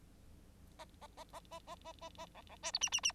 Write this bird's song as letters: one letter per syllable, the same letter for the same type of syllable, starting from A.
A A A A A A A A A B B C D E E E